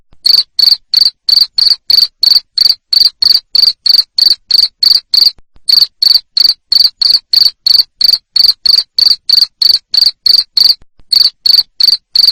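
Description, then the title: Cricket chirping in a fast series of short shrill pulses, about three per second, interrupted by a couple of short breaks. Loud chirping of a cricket, played to make lovebirds sing ngekek continuously. "Suara JANGKRIK NGERIK Keras Bikin LOVEBIRD Jadi NGEKEK Terus Vubey"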